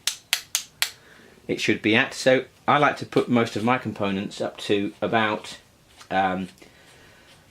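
A bicycle torque wrench, set to its lowest newton-metre setting, is turned while tightening a bicycle bolt, and it gives sharp metallic clicks at 0.1, 0.3, 0.6 and 0.8 seconds as it reaches the set tightness. Someone then talks.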